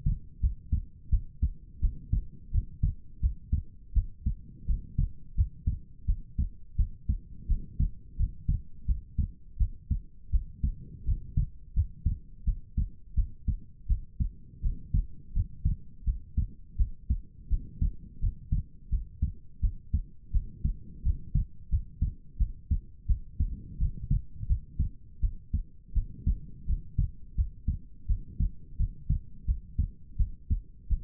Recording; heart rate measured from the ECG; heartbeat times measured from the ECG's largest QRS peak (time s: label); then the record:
heart sounds by stethoscope; 85 bpm
0.40 s: heartbeat
1.09 s: heartbeat
1.80 s: heartbeat
2.51 s: heartbeat
3.20 s: heartbeat
3.93 s: heartbeat
4.65 s: heartbeat
5.34 s: heartbeat
6.05 s: heartbeat
6.76 s: heartbeat
7.47 s: heartbeat
8.16 s: heartbeat
8.85 s: heartbeat
9.57 s: heartbeat
10.30 s: heartbeat
11.04 s: heartbeat
11.73 s: heartbeat
12.44 s: heartbeat
13.14 s: heartbeat
13.87 s: heartbeat
14.61 s: heartbeat
15.32 s: heartbeat
16.04 s: heartbeat
16.76 s: heartbeat
17.48 s: heartbeat
18.19 s: heartbeat
18.89 s: heartbeat
19.60 s: heartbeat
20.31 s: heartbeat
21.02 s: heartbeat
21.69 s: heartbeat
22.37 s: heartbeat
23.06 s: heartbeat
23.77 s: heartbeat
24.46 s: heartbeat
25.20 s: heartbeat
25.93 s: heartbeat
26.65 s: heartbeat
27.34 s: heartbeat
28.06 s: heartbeat
28.76 s: heartbeat
29.45 s: heartbeat
30.16 s: heartbeat
30.88 s: heartbeat
From the record:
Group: healthy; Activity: rest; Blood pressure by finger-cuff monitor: 71/53 mmHg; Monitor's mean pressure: 59 mmHg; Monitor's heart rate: 85 bpm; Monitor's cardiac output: 6.4 L/min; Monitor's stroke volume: 75 mL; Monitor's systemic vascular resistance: 650 dyn s/cm5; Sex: female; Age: 19 years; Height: 163 cm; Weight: 48.9 kg